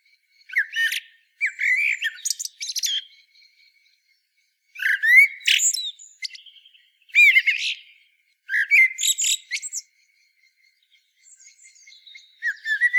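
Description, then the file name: Eurasian blackbird singing a series of short, varied phrases, mostly beginning with fluty whistles and finishing in thin, high squeaks, with short pauses between them. "Turdus merula"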